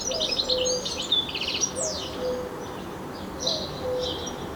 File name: Carduelis carduelis